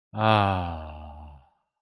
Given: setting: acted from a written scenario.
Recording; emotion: vocal sound without words; serenity